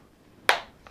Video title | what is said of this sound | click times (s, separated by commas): DEWALT KNEE PADS FOR WORK INEXPENSIVE AND DURABLE - (REVIEW DG5224) | snap into place which is great it makes it difficult to take off again which | 0.5 s